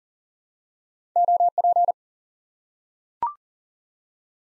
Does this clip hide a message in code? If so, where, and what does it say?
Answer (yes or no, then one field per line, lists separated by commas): yes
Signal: Morse code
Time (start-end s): 1.2-1.9 s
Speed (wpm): 39 wpm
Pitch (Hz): 700 Hz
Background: none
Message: OP